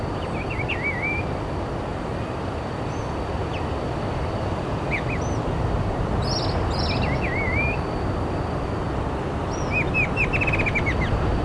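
Bird calls: short wavy chirps and quick twittering notes in scattered bursts, partly over a steady low rumbling noise throughout.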